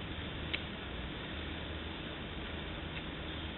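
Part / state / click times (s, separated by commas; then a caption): primer bulb into its carburetor ring on a lawn mower / not seated / none. A rubber primer bulb for a lawn mower carburetor is handled at its retaining ring, now the right way round, before being pressed in. Steady broadband noise fills the clip, with a brief faint tick near 0.5 s and a softer one near 3.0 s. Nothing has seated or clicked yet.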